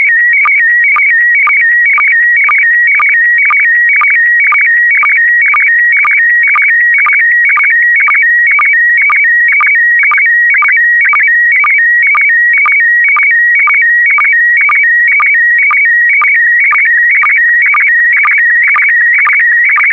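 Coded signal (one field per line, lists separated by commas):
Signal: SSTV (slow-scan television)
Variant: PD120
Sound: warbling steady tone shifting between pitches, with a short low blip twice a second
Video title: (05 of 12) ISS Expedition 63 - MAI-75 August 2020 - Retransmission SSTV PD120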